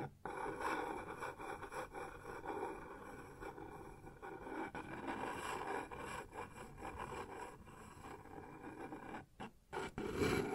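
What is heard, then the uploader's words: Sounds on a wooden surface: a continuous rough rumbling scrape with uneven swells, broken by brief sharp dropouts near the start and around nine seconds. ASMR Sounds on Wooden Surface (No Talking).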